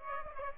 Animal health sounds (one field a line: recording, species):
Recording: mosquito wingbeat signal from an infrared sensor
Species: Aedes aegypti